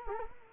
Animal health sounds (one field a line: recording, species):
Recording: mosquito wingbeat signal from an infrared sensor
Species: Culex quinquefasciatus